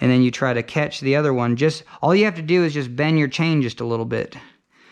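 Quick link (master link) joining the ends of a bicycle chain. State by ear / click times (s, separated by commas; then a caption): not seated / none. A man talks while fitting a metal quick link (master link) that joins the ends of a bicycle chain with greasy hands: one end slides into the groove and the chain is bent slightly to catch the other end. Only his voice is heard, and nothing has seated or clicked yet.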